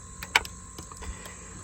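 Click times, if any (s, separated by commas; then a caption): 0.4 s. While replacing the thermostat on a 2014 Chevy Cruze with a 1.4 turbo four-cylinder engine, the hose that plugs into the turbo is pushed back onto its fitting. A sharp, bright click at 0.4 s stands out among fainter ticks around 0.2, 0.5 and 0.9 s. The hose's quick-connect clip is confirmed clicked into place on the turbo port.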